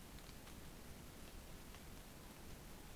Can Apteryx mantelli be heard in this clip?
no